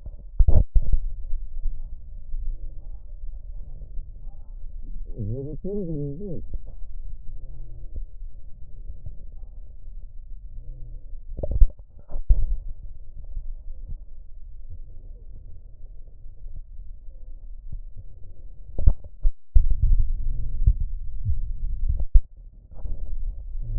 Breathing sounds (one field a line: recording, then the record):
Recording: lung sounds by stethoscope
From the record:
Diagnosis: emphysema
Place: left posterior upper chest